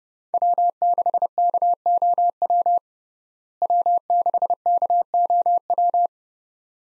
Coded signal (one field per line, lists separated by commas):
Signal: Morse code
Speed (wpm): 32 wpm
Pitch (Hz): 700 Hz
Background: none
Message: W6KOW W6KOW